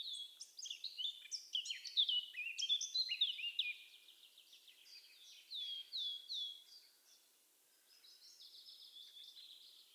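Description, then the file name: Eurasian blackcap song: a vigorous run of sharp, varied high notes for about four seconds, then softer warbled phrases with brief pauses. "Sylvia atricapilla"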